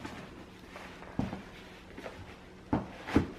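A foot is pulled into a leather Cody James cowboy boot while resting on the ground, with low rustling as the boot slides on. At 1.2 s the heel drops into the heel cup with a short pop, the sign of a correct fit, and two louder thumps follow near the end.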